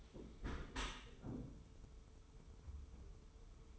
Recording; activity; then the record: daily activity, microphone in the room; close dishwasher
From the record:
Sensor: 1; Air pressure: 1015.0 hPa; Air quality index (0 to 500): 25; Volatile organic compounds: 0 ppm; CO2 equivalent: 503 ppm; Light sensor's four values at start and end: 13/30/12/13 and 13/30/12/13